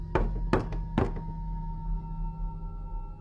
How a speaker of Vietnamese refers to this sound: Cụ vừa về buồng đóng cửa, còn chưa kịp bước đến giường thì tiếng gõ cửa lại vang lên.